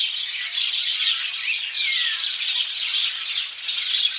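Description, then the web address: Bird chorus of overlapping chirps and twitters, with a clear downward-sliding whistle near the middle and steady chattering throughout. "Deverinetal 2025. Bird Only"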